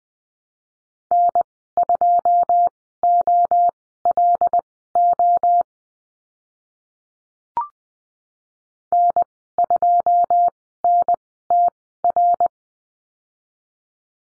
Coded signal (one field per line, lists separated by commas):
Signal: Morse code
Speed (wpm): 20 wpm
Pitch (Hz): 700 Hz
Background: none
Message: N2OLO N2NTR